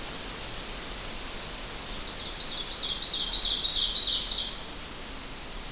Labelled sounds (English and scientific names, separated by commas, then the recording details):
Ovenbird (Seiurus aurocapilla) song
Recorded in boreal forest in Alberta, Canada, on 12 June 2016 at 07:15
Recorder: SongMeter 3, array SBT-3-18
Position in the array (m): 122 m, 108 m
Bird 29